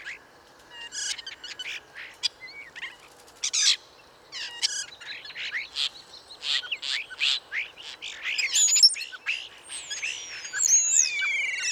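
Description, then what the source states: Common Starling song of rapid clicks, rattling bursts and chirps, ending with thin rising and falling whistles. 5 to 8 birds challenging each other vocally atop a plane tree in the Bois de Vincennes, foggy cold morning about 8°C, 1 January 2019; trills, whistles, rolls and calls; Nagra Seven recorder with parabolic microphone, mono.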